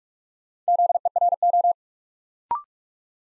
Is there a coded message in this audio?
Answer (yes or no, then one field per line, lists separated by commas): yes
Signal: Morse code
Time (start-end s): 0.7-1.7 s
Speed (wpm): 44 wpm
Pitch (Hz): 700 Hz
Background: none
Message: ZERO